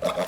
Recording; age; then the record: pig call; piglet (1 to 25 days)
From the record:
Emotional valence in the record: positive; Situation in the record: huddling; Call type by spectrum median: low-frequency call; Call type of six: low-frequency tonal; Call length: 0.29 s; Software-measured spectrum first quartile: 564 Hz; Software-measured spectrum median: 797 Hz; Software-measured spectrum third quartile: 1955 Hz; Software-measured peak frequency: 622 Hz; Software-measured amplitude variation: 185 dB a second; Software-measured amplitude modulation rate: 26.2 a second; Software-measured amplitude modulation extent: 7.1 dB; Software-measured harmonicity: 5.1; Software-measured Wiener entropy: -1.68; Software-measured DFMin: 955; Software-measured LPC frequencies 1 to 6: 607, 1194, 2150, 3484, 4923, 5615 Hz